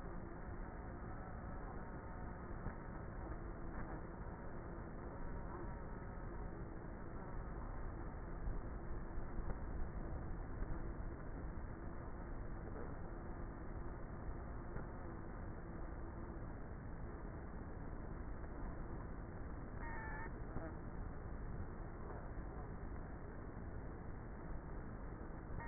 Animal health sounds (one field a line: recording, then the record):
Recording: honeybee colony, microphone inside the hive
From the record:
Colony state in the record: queenless with a low population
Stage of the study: before two queens were removed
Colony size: about 30,000 bees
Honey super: no